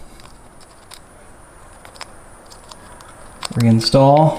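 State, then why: Not seated. A new LED turn signal bulb is handled and fitted to its socket before the socket goes back into the front light housing of an M3, with faint small plastic taps around 0.2, 0.9, 1.9, 2.0, 2.7 and 3.0 seconds. Someone talks near the end. The socket has not seated or clicked into place yet.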